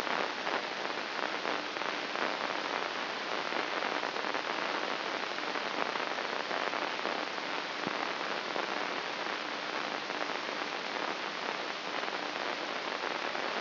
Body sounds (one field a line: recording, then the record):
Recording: brain microelectrode recording played as sound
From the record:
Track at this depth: outside the subthalamic nucleus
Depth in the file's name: 2.844 mm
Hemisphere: left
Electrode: 2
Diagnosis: Parkinson's disease